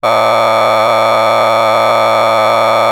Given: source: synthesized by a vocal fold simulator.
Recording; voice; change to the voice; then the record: sustained vowel; male; a random mix of aspiration noise, stiffness perturbation and strain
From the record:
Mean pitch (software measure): 111 Hz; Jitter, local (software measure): 3.24%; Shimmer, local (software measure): 4.8%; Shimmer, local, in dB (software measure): 0.36 dB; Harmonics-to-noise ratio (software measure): 5.5 dB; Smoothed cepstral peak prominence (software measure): 12.4 dB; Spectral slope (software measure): -12.6 dB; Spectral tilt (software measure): -10.1 dB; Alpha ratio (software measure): -3.1 dB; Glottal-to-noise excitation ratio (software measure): 0.979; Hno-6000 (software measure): 1.8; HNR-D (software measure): 19.2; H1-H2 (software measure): 1.0 dB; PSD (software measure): 2.8e-04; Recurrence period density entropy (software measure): 0.128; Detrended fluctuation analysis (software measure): 0.0313